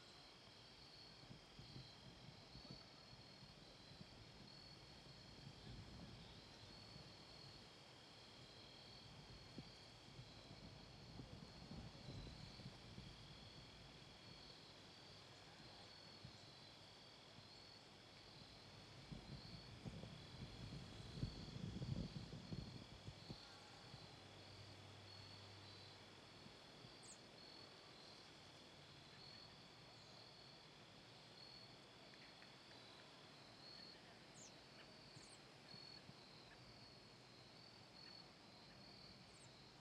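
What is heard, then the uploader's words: Dusk at Ninigret Park brings a steady high insect trill throughout, with low rumbling swells near 6, 11 and 21 seconds. Dusk at Ninigret Park, Charlestown. Recording was made at Ninigret Park, in Charlestown, Rhode Island. It was a mild, peaceful evening.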